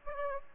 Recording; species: mosquito wingbeat signal from an infrared sensor; Aedes aegypti